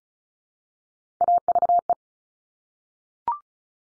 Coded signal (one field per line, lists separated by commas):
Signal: Morse code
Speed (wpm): 36 wpm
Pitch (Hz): 700 Hz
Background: none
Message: AVE